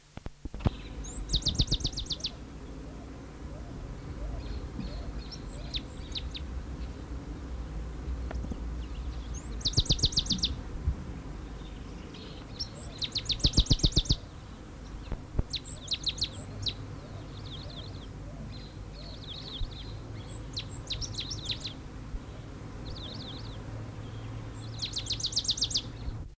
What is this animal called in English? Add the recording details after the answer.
Chaco Sparrow. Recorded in captivity. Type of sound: call. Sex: male. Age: adult. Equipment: Halbspur, 9,5 cm/s. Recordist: Lütgens, Hans. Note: Rufe